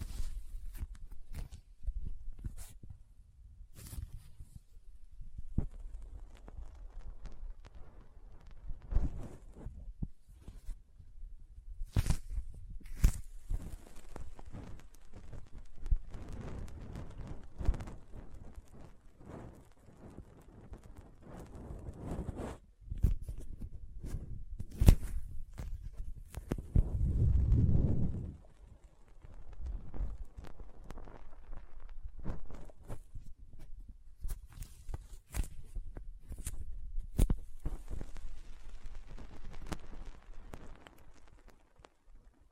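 Soft squishy, sticky handling sounds with frequent sharp crinkles and clicks, irregular throughout, plus a denser low rumbling burst around 27 seconds.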